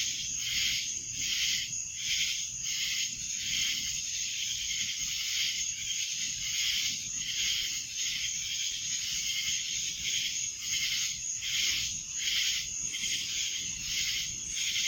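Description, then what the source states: Cicadas droning in chorus, a constant shrill buzz throbbing in regular swells for the full length. Recorded in Annapolis in July 2012; several cicadas.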